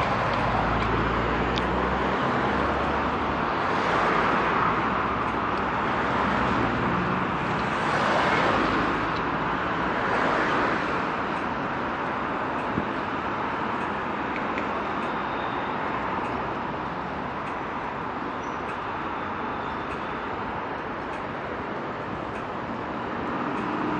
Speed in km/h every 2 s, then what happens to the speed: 0, 0, 0, 0, 0, 0, 0, 0, 0, 0, 0, 0.
0-24 standing.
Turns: none.